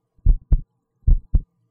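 Two full heartbeats from an adult, heard close against the chest, each a deep thump followed by a softer second thump. The rhythm is steady at about 75 beats a minute. It is an ordinary, regular heartbeat.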